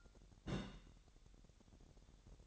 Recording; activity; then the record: daily activity, microphone in the room; place on stove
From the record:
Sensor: 3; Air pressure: 1012.0 hPa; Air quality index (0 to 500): 205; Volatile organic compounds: 3 ppm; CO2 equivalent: 1530 ppm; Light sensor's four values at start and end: 109/257/105/93 and 109/257/105/93